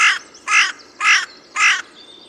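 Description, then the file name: Carrion crow cawing: four harsh, hoarse caws, evenly spaced about half a second apart. "Corvus corone"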